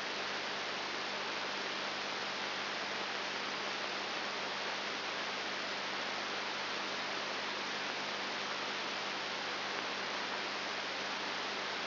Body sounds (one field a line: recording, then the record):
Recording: brain microelectrode recording played as sound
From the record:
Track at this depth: inside the subthalamic nucleus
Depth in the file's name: 3.701 mm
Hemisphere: left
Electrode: 3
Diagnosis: Parkinson's disease